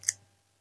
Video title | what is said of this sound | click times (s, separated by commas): 2025 NMC OSCE Intramuscular Injection (Streptomycin Update) | Patch it to the top of the syringe till I hear a click sound. | 0.1 s